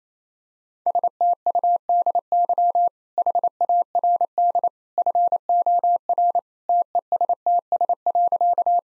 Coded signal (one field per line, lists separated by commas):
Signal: Morse code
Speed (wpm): 28 wpm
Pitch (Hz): 700 Hz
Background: none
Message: STUDY HARD FOR TESTS.